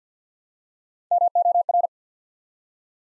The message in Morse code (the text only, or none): MOR